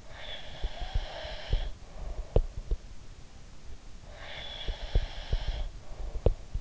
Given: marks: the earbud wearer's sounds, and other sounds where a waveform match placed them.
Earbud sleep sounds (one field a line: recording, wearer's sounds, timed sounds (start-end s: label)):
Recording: sounds in sleep by an in-ear microphone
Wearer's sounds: breath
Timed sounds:
0.01-2.58 s: breath
0.61-2.76 s: sound from someone else or the room
4.02-6.59 s: breath
4.65-6.61 s: sound from someone else or the room